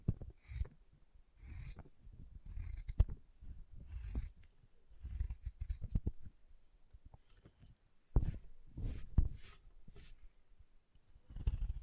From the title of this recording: Chalk Carving and Cutting Sounds